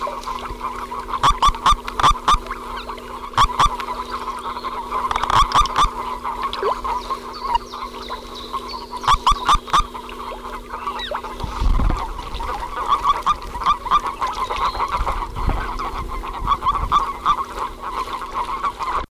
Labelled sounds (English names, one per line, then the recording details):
Common Toad call
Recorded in the wild
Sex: male
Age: adult
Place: Strausberg, Brandenburg, DE
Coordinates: 52.5478, 13.8744
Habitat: lake
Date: 1969-04-26
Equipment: Uher 4200, Telefunken-Mikrofon, Vorverstärker 2
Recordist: Tembrock, Günter